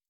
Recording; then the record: hydrophone in a shrimp aquaculture tank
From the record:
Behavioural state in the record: stressed